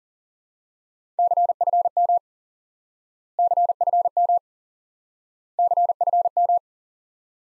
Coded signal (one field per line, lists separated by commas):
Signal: Morse code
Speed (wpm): 40 wpm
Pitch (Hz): 700 Hz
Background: none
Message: CFM CFM CFM